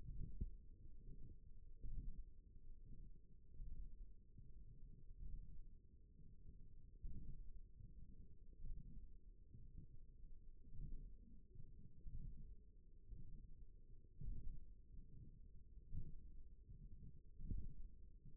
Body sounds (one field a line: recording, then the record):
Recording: forearm muscle sounds (acoustic myography)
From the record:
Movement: ulnar deviation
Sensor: system 1, eight BSWA MPA416 microphones around the upper forearm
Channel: 4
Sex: female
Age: 21 years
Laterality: right